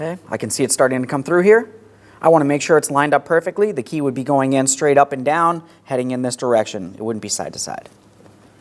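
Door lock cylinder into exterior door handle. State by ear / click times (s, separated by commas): not seated / none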